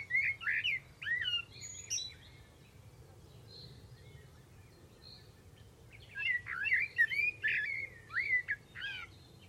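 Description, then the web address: Bird giving lively phrases of twisting whistled notes, pausing, then resuming with a longer rapid series. "Deverinetal. Bird Only"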